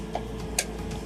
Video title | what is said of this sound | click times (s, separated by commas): Jetting Fiber Demo | drops into place. You can hear it click. | 0.6 s